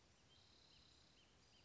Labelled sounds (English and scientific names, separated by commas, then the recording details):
Spotted Towhee (Pipilo maculatus)
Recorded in Sonoma County, California